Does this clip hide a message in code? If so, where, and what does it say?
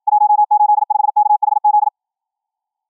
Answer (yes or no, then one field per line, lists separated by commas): yes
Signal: Morse code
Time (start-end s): 0.1-1.9 s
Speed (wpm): 53 wpm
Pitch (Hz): 840 Hz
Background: none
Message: 185KHZ